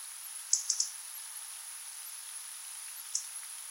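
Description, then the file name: European robin calls: a quick cluster of three short, very high, thin notes, then a single similar note about two and a half seconds later, over a steady faint hiss. "Erithacus rubecula"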